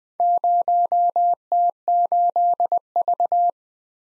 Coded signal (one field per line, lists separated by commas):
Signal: Morse code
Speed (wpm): 20 wpm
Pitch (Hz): 700 Hz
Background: none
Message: 0T8V